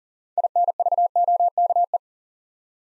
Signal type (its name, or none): Morse code